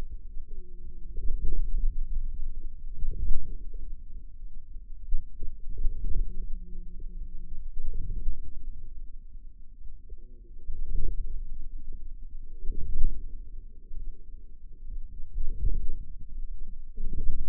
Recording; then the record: forearm muscle sounds (acoustic myography)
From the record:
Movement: inward rotation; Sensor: system 2, bracelet of six BSWA MPA416 microphones around the upper forearm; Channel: 6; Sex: female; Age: 21 years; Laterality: right